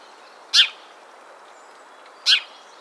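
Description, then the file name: House sparrow chirps, two short harsh notes about 1.7 seconds apart, each a broad burst with a bright peak, over faint high background twitters. "Passer domesticus"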